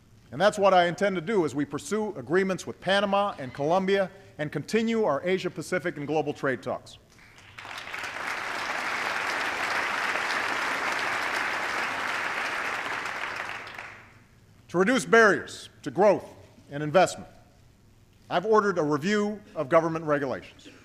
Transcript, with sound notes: and that’s what I intend to do as we pursue agreements with Panama and Colombia and continue our Asia Pacific and global trade talks. (Applause.) To reduce barriers to growth and investment, I’ve ordered a review of government regulations.